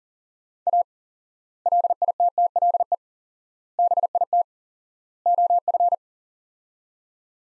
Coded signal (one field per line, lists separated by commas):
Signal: Morse code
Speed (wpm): 40 wpm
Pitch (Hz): 700 Hz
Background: none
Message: A LITTLE BIT OF